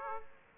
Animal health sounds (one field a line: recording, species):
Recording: mosquito wingbeat signal from an infrared sensor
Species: Aedes aegypti